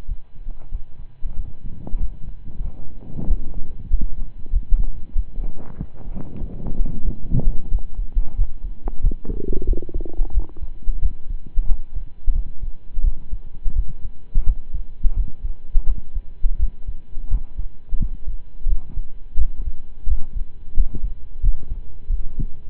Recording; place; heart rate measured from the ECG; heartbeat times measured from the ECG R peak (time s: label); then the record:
heart sounds by stethoscope; between the tricuspid and mitral areas; 90 bpm
0.06 s: heartbeat
0.69 s: heartbeat
1.34 s: heartbeat
1.98 s: heartbeat
2.61 s: heartbeat
3.25 s: heartbeat
3.88 s: heartbeat
4.50 s: heartbeat
5.13 s: heartbeat
5.76 s: heartbeat
6.38 s: heartbeat
7.02 s: heartbeat
7.69 s: heartbeat
8.36 s: heartbeat
9.01 s: heartbeat
9.65 s: heartbeat
10.32 s: heartbeat
10.99 s: heartbeat
11.66 s: heartbeat
12.32 s: heartbeat
13.01 s: heartbeat
13.73 s: heartbeat
14.44 s: heartbeat
15.13 s: heartbeat
15.84 s: heartbeat
16.56 s: heartbeat
17.28 s: heartbeat
17.97 s: heartbeat
18.65 s: heartbeat
19.35 s: heartbeat
20.05 s: heartbeat
20.74 s: heartbeat
21.40 s: heartbeat
22.07 s: heartbeat
From the record:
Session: slow and fast walking with breaks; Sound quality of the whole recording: saturated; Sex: male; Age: 25 years